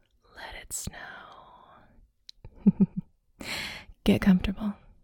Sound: whispers